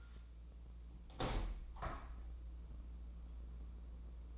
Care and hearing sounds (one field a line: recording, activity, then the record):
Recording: daily activity, microphone in the room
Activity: open window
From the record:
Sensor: 1